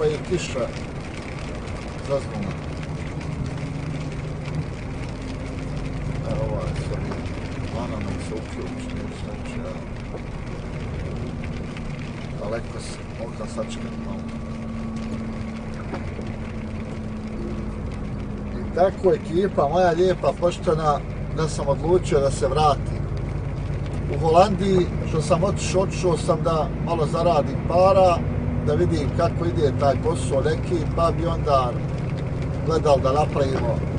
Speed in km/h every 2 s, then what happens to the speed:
63, 59, 55, 56, 54, 49, 49, 47, 46, 44, 43, 45, 46, 47, 53, 55, 58.
0-3 slows to 55. 3-8 steady at about 55. 8-19 slows to 43. 19-26 steady at about 45. 26-34 speeds up to 58.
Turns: none.